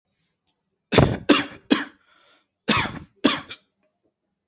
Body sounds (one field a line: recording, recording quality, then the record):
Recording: shallow voluntary cough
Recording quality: excellent, no background noise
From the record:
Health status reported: healthy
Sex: male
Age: 22 years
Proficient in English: no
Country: India